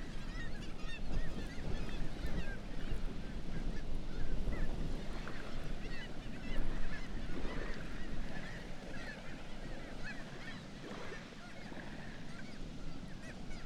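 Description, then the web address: Dense chorus of black-legged kittiwake cries, countless overlapping nasal calls blending into a babble, with a loud low rumble beneath. "sound Black-legged-kittiwake. صدای-پرنده-کاکایی-پاسیاه"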